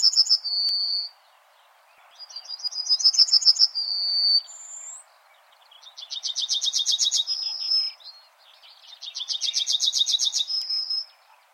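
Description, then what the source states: Yellowhammer singing four phrases, each a quick run of repeated high notes closing on a longer drawn-out note, with short pauses between phrases. A common variant of the song.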